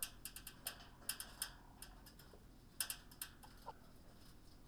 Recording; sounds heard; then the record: poultry house recording; sick chickens (respiratory disease)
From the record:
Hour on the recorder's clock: 19